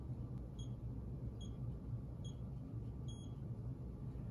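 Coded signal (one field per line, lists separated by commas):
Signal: none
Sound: a tonometer's measurement beeps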